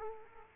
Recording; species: mosquito wingbeat signal from an infrared sensor; Culex quinquefasciatus